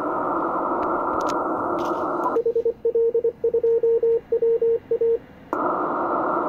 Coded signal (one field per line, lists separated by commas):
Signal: Morse code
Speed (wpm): 25 wpm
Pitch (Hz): 460 Hz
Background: radio noise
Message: HL2WA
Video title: 9XΦT, Rwanda AFRICA, 21MHz, CW, Worked by HL2WA